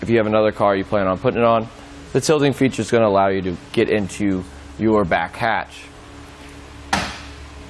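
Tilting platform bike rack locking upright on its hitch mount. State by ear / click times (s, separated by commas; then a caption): seated / 6.9 s. Someone talks while a Kuat NV 2.0 Base tilting platform bike rack for 2 bikes, on the hitch of a 2014 Jeep Wrangler, is raised back up from its tilted position. Its metal tilt mechanism clicks into place in the upright position at 6.9 s, and the rack latches.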